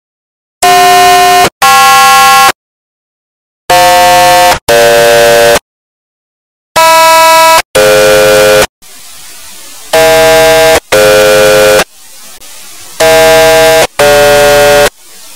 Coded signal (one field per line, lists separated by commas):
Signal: aircraft SELCAL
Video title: Motorola Minitor pager evolution with quik call audio